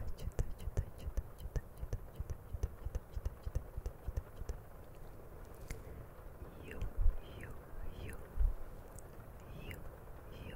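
Handling noises on a camera open the clip: dense, quick clicks and taps over a low rumble for the first five seconds or so. After that, wet mouth sounds take over, with short falling squeaks and smacks and a couple of louder thumps near seven and eight and a half seconds.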